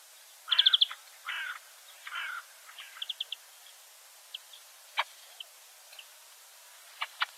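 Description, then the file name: European greenfinch calls: a rapid chattering trill, then two harsh buzzy notes, followed by scattered short chirps and sharp ticks. "Chloris chloris"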